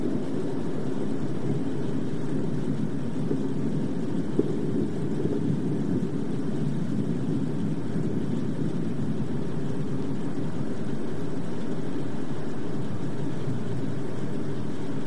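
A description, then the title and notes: Rain drums steadily on glass, heard from inside as a dense, even, low roar that holds the same level throughout. A few faint taps stand out briefly around the fourth and fifth seconds, with only a thin hiss above the muffled rumble. Urban Greenhouse Thunderstorm. Rain on Glass. The rhythmic sound of raindrops on the glass and the distant rumble of thunder.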